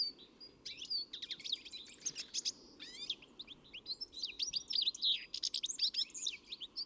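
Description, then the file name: European greenfinch twittering: quick overlapping high chirps and short trills, building after a softer start and continuing densely to the end. "Chloris chloris"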